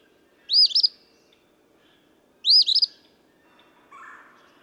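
Eastern phoebe singing two raspy, stuttering fee-bee phrases two seconds apart, followed by a brief lower sound.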